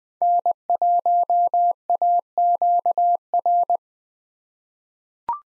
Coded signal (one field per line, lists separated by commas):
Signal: Morse code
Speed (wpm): 20 wpm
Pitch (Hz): 700 Hz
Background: none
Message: N1AQR